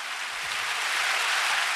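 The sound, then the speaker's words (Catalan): A drunk, euphoric crowd applauding steadily, a dense, unbroken wash of hissy clapping that holds at an even, fairly loud level throughout, with no voices standing out. “La gent aplaudeix, borratxa, eufòrica, desorbitada, alienada, desgraciada.”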